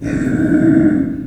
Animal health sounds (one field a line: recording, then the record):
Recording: squeal of a Yucatan mini pig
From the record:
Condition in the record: after surgery on the right vocal fold (resection and tissue-engineered implant)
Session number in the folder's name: 3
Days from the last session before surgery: 21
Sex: female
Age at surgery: 19 weeks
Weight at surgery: 25 kg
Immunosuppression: prednisolone